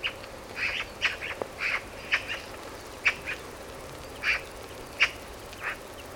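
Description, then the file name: Eurasian magpie giving harsh, scratchy chacking notes, singly and in short pairs, spaced unevenly with brief pauses between them. "Pica pica"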